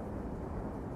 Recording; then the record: background sound without coughing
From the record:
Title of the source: Train Ride Ambience ambient white noise for sleeping, focus, studying, reading